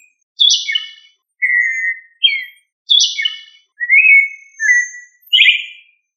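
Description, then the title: Thrush singing a varied series of phrases: rich harmonic notes, clear slurred whistles and higher trilled segments, delivered in quick succession with brief pauses, no other sounds. "Familia Turdidae - Sabia"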